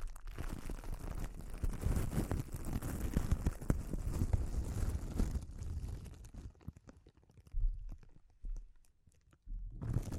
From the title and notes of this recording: ASMR Sensitive Crinkles (No Talking).